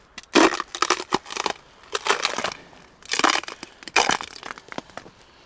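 Ice crunches in brittle, crackling bursts, four loud clusters of sharp cracks separated by brief quieter gaps, with no voices.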